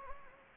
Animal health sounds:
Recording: mosquito wingbeat signal from an infrared sensor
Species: Anopheles gambiae

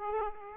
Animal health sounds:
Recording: mosquito wingbeat signal from an infrared sensor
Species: Aedes aegypti

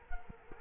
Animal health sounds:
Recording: mosquito wingbeat signal from an infrared sensor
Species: Culex quinquefasciatus

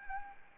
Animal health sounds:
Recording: mosquito wingbeat signal from an infrared sensor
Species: Aedes albopictus

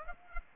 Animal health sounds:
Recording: mosquito wingbeat signal from an infrared sensor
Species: Aedes aegypti

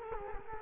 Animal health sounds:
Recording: mosquito wingbeat signal from an infrared sensor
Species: Culex quinquefasciatus

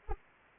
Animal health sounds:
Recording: mosquito wingbeat signal from an infrared sensor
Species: Anopheles arabiensis

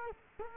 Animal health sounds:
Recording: mosquito wingbeat signal from an infrared sensor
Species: Culex quinquefasciatus

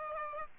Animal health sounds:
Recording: mosquito wingbeat signal from an infrared sensor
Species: Aedes aegypti

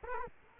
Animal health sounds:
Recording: mosquito wingbeat signal from an infrared sensor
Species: Culex quinquefasciatus

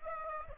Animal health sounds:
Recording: mosquito wingbeat signal from an infrared sensor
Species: Aedes aegypti

